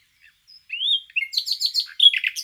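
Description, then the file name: Common nightingale song: a rising whistled note, a short slurred note, then a series of sharp repeated chirps ending in a varied, twittering flourish. "Luscinia megarhynchos"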